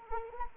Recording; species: mosquito wingbeat signal from an infrared sensor; Anopheles arabiensis